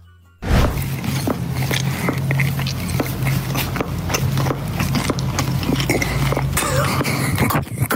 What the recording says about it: This is his clicking jaw. That's not a hammer, that's his jaw. Does I just, it hurt him? No.